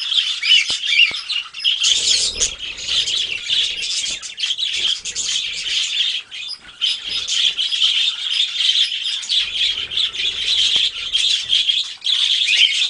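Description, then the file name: Budgerigar calling as a group, rapid overlapping chirps and twitters throughout, with intermittent low fluttering or rustling beneath the chatter at several points. A flock of parakeets calling together. "suara parkit rombongan. omkicau"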